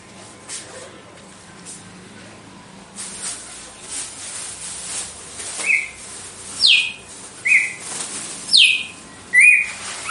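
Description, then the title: Red-cowled cardinal song: after several seconds of faint background sounds, a series of sharp descending whistled slides alternating with short level notes, about one per second. Female bird; song described as pure, strong, clean and measured 'açoite' style. "Canto Galo Campina Fêmea 02. GALO DE CAMPINA, AÇOITE PURO, FORTE, LIMPO E COMPASSADO"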